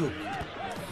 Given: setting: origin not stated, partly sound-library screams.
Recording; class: one-second piece from a danger detection set; normal situation